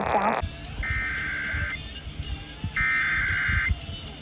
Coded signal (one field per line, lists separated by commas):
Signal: Emergency Alert System (SAME) tones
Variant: header bursts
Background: speech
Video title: EAS #113/131 | Monthly Test Alerts 8/1/2023 & 8/2/2023